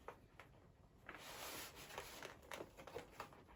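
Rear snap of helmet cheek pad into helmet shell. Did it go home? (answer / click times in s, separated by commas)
no / none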